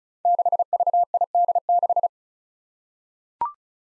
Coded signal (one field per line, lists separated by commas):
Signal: Morse code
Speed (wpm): 36 wpm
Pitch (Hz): 700 Hz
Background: none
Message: 6VID6